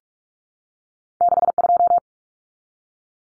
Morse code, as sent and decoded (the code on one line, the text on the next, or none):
-.... ..---
62